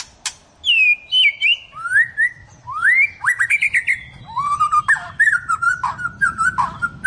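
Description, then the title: White-rumped shama singing a varied run of clear whistles, rising and falling slurs and quick chattering notes, with brief pauses between phrases. "Kicau Murai Batu"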